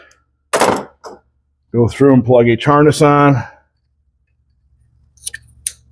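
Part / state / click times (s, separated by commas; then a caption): wiring harness connector onto ignition coil pack / seated / 5.7 s. Someone talks, then a plastic wiring harness connector is pushed onto an ignition coil pack on a GM 2.4L Ecotec engine, with small ticks around 5.2–5.3 s. A sharp click at 5.7 s marks the connector seating, after which the lock tab is engaged.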